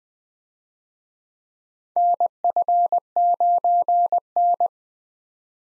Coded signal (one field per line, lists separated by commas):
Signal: Morse code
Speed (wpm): 21 wpm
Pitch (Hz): 700 Hz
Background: none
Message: NF9N